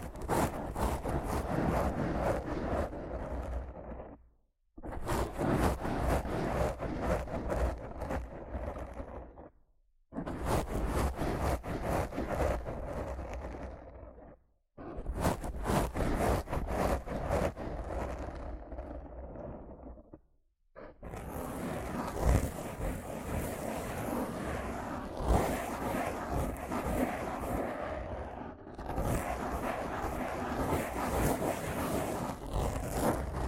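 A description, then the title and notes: Rough scratching and brushing against a microphone fill the clip in dense, gritty bursts, full of fast crackling strokes with a low rumbling undertone. Four near-silent gaps break it up, around 4, 10, 14 and 20 seconds, and the last stretch runs continuously to the end. ASMR Rough Mic Scratching & Brushing (No Talking).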